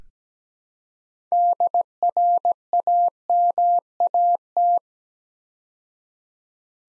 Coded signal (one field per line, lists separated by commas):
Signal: Morse code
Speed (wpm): 17 wpm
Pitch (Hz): 700 Hz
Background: none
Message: DRAMAT